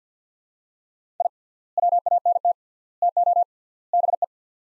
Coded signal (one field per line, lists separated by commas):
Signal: Morse code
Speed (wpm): 45 wpm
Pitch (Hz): 700 Hz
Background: none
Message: I WANT TO BE